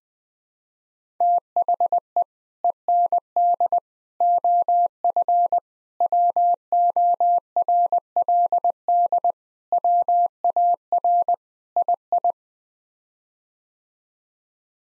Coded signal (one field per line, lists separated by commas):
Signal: Morse code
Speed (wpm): 20 wpm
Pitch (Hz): 700 Hz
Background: none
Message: THE END OF WORLD WAR II